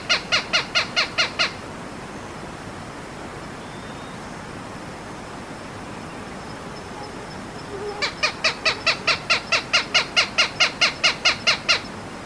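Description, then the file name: Bicolored hawk calling in a rapid series of harsh, evenly spaced cackling notes, a brief burst, a pause of several seconds, then a longer run, over steady background hiss. "accipiterbicolor"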